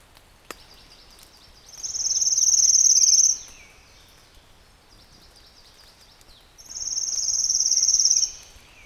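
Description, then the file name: Pale-legged leaf warbler gives two high, cricket-like rattling trills of about one and a half seconds each, separated by a few seconds of quiet background hiss. "warbler-pale-legged-leaf a-Phylloscopus-tenellipes"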